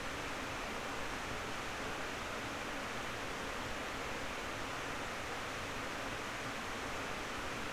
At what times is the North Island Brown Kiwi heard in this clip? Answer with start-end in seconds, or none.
none